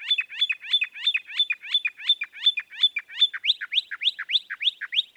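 Northern mockingbird song: a rapid, steady repetition of two-part slurred notes, switching midway to a rapidly repeated rising-falling phrase.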